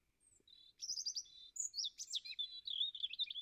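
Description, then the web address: European robin delivering a dense, warbling phrase of high, varied whistles and quick trills that runs continuously for close to three seconds. "Deverinetal 2025"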